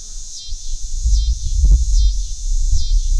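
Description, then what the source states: Coastal scissor grinder cicada's pulsing high buzz, rising and dipping rhythmically, accompanied by heavy low thumps and rumbling. Cicada of the Lower Susquehanna River Watershed.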